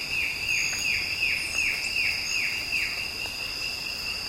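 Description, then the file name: Bird calls: arched, slurred notes repeat steadily over a constant high-pitched drone. "SABIOD 50 bird 2015"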